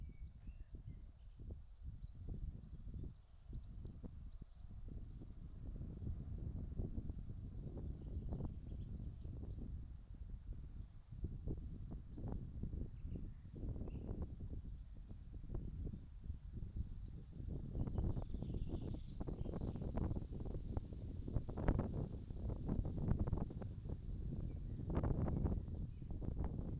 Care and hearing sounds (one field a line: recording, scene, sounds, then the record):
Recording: everyday scene through a hearing-aid microphone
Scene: wind on the microphone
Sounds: wind, birds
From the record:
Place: in front of a rural house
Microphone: in the ear canal, left